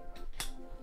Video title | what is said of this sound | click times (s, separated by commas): Bensfoto BN2020 Everyday Carry Photography Backpack | snaps right in place | 0.4 s